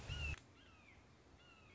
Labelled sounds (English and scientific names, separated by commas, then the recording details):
Red-shouldered Hawk (Buteo lineatus)
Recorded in Sonoma County, California